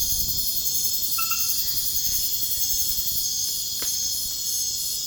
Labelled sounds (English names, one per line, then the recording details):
none
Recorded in pastures near Puerto Asís, Putumayo, Colombia, on 29 June 2025 at 23:00
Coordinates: 0.466, -76.322
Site GP07